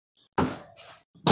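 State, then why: Seated. A plastic center floor panel is dropped smooth side up into the base of a Suncast 50-pound storage box, landing with a loud broadband thud at about 0.4 s that fades over roughly half a second. It is then pushed down and snaps into place with a sharp, bright click at 1.3 s, seated as a perfect fit.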